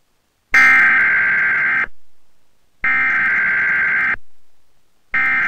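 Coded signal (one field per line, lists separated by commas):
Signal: Emergency Alert System (SAME) tones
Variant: header bursts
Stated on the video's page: Fictional EAS scenario, not a real alert.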